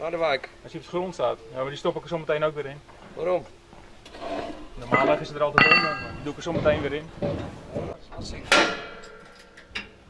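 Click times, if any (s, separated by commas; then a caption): 9.8 s. A locking pin is put straight back into the frame of a bumper-car ride during assembly after being removed. Someone talks throughout, and a sharp metallic click at 9.8 s shows the pin seating and locking into place.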